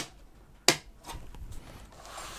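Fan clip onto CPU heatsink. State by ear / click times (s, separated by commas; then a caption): seated / 0.7 s. The second clip on the front fan of an Arctic Freezer 36 ARGB CPU cooler, for an Intel LGA1700 socket, is pressed onto the heatsink. A single sharp snap at 0.7 s is followed by quieter handling noise. The clip's other side engages and the front fan is seated on the heatsink.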